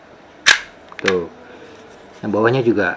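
The lock button on a Sniper 33-watt travel multicharger is pressed to retract its plastic plug prongs instead of pulling them. One loud click sounds at 0.5 s as the prong lock releases, followed by someone talking.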